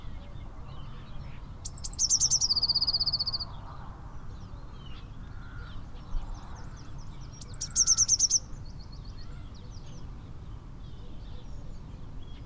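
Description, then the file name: Eurasian blue tit calls: two bursts of high sharp notes running into a rapid trill, about six seconds apart, with soft background noise between. "Cyanistes caeruleus"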